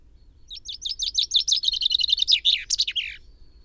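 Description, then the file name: Common chaffinch song: a run of repeated notes, then a faster rattle, ending in a short flourish that drops in pitch. The background is quiet. "Fringilla coelebs"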